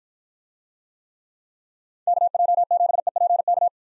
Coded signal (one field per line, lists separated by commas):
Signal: Morse code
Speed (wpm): 50 wpm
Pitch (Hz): 700 Hz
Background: none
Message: KJ7EPK